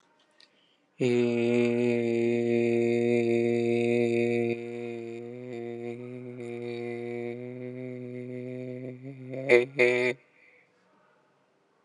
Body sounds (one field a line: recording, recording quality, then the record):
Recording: sustained vowel as in made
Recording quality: excellent, no background noise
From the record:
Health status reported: exposed to COVID-19, no respiratory illness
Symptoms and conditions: none ticked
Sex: male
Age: 25 years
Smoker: not ticked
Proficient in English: yes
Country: India